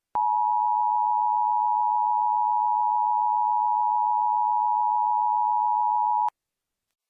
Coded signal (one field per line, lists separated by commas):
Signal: Emergency Alert System (SAME) tones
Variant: 853 and 960 Hz attention tone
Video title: Mock EAS Alert based on Blast Corps